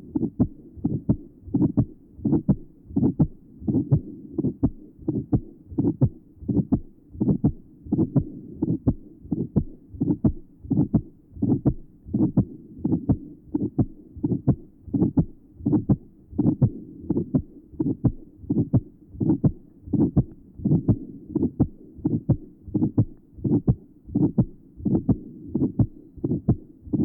Septal defect with marked pulmonary hypertension. Recording taken at pulmonary area. Note the ejection sound, the short ejection systolic murmur, and the very loud pulmonary closure. There is also a short early diastolic murmur in this area.